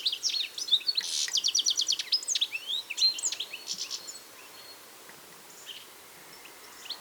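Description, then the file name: European goldfinch song, a quick tinkling twitter with a rapid trill of repeated notes, then dying away into quiet after about four seconds. "Carduelis carduelis"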